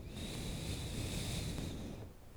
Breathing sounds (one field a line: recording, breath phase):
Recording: one breath near a microphone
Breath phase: exhalation